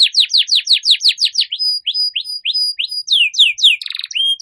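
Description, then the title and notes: Canary song: a quick series of high downslurred chirps, then thinner short level whistles, more downslurred chirps and a short buzzy rattle. Canary song used as a lure for catching birds. "Pikat Burung Baru. kenari"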